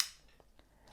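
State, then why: Seated. A SmallRig camera wrist strap's quick-release clip, held by a spring-loaded ball bearing, is pushed down into its camera mount plate. A loud, sharp click at 0.0 s is followed by a few much fainter ticks, and the clip seats in place.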